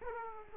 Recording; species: mosquito wingbeat signal from an infrared sensor; Aedes aegypti